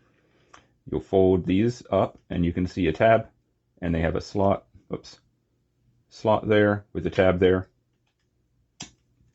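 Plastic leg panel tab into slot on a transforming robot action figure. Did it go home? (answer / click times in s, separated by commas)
yes / 8.8 s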